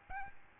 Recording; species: mosquito wingbeat signal from an infrared sensor; Aedes albopictus